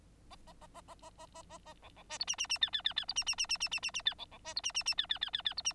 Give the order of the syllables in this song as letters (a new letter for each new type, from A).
A A A A A A A A A A B B C D E E E F F F F D E E E E E E E E F B B C D E E E F F F F F D E